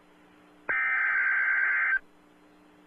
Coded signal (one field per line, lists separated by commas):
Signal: Emergency Alert System (SAME) tones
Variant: header bursts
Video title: EAS Alert #113- Severe T-storm Warning 5/29/12